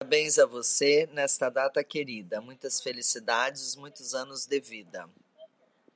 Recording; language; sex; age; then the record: short text; Brazilian Portuguese; female; 50 to 59 years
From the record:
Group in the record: control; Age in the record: 50 years